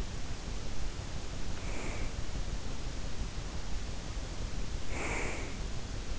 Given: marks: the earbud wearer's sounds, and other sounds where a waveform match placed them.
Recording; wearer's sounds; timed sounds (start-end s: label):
sounds in sleep by an in-ear microphone; breath
1.55-2.36 s: breath
4.80-5.87 s: breath